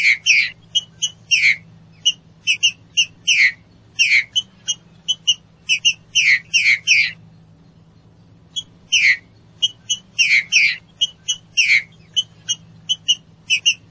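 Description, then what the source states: Green-winged saltator delivering repeated phrases of short sharp notes and falling whistled slurs, a pause of about a second and a half midway, then resuming; low hum throughout. Classic song style, used for song training.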